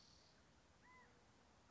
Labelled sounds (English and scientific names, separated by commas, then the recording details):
California Quail (Callipepla californica)
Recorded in Sonoma County, California